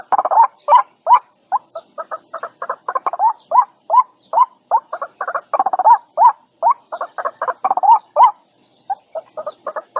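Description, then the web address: White-breasted waterhen producing repeated upslurred croaks interspersed with fast, stammering clusters in an irregular, energetic sequence. Lure call used for attracting and trapping birds. "tieng quoc keu moi chuan goi bay"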